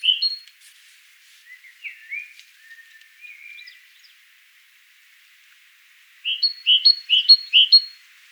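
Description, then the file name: Great tit song: a bright two-note phrase, a few softer slurred notes, then a clear run of about four repeated see-saw phrases. "Parus major"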